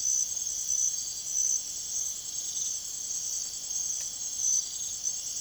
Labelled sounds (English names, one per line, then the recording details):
none
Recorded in secondary vegetation near Puerto Asís, Putumayo, Colombia, on 23 June 2025 at 01:00
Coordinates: 0.489, -76.322
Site G021